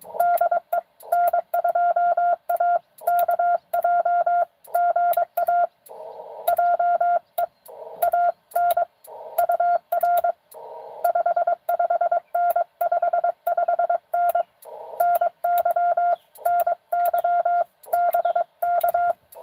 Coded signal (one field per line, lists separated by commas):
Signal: Morse code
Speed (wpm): 22 wpm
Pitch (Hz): 690 Hz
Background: none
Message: DE N2AKJ GA JE AN UR 55N 55N NY NY BK